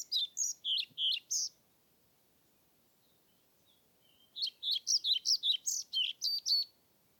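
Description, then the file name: European Pied Flycatcher song: a phrase of high notes cut off at the beginning, a pause, then a longer phrase of many rhythmic, rising-and-falling notes. Submitted recording made 25 May 2021 at Nordvik, with a Zoom recorder. "20210525 svarthvit nordvik zoom"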